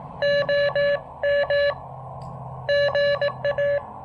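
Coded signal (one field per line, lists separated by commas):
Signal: Morse code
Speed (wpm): 19 wpm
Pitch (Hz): 590 Hz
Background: none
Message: OM GA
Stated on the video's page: POTA activation sent with new portable paddles, using Elecraft AX1 antenna.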